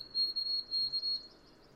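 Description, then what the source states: White-throated Sparrow whistle: a single high, thin held note with a slight tremulous waver, lasting about a second, with faint background hiss. Song a delicate, plaintive, thin, wavering, tremulous whistle that seems to end just as it begins.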